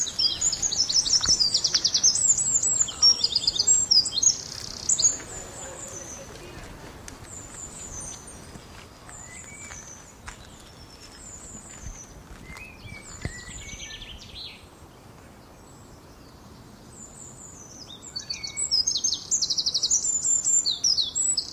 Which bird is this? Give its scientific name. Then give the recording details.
Troglodytes troglodytes. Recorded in the wild. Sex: male. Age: adult. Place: Southampton, New Forest, England, GB. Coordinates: 50.85, -1.6. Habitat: decidouos forest. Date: 1995-04-01 11:28. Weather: overcast, 10-15°C. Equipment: Sony WM-D6C, Sennheiser ME 80, K 30 AV (III), Kopie Revox C 270. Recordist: Frommolt, Karl-Heinz